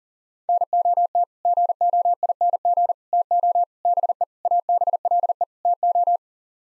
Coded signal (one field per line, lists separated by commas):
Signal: Morse code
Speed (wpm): 37 wpm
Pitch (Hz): 700 Hz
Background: none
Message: NOT GOING TO BE ABLE TO